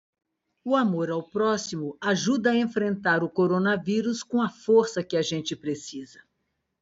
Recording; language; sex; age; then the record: spoken sentence; Brazilian Portuguese; female; 40 to 49 years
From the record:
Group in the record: control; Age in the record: 44 years